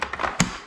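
The body of a Chicco Next 2 Me crib is pushed into place onto its leg frame, giving a few light taps near the start and then a sharp, louder thunk at 0.4 s. The crib body is seated on the frame.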